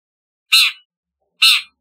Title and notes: Kicau Burung Cendet